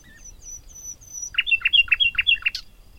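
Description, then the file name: Common nightingale singing: a few thin high whistles, then a fast run of loud, evenly repeated notes ending in a sharp high flourish. "Luscinia megarhynchos"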